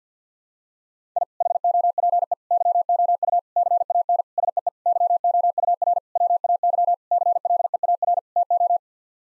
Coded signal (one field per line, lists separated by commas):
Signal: Morse code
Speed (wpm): 45 wpm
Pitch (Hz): 700 Hz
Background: none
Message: I HOPE YOU CAN SEE YOUR WAY CLEAR TO